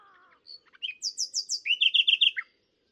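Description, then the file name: Common nightingale song: a soft whistle, then quick high slurred notes followed by a run of loud repeated notes and a final downslur. "Luscinia megarhynchos"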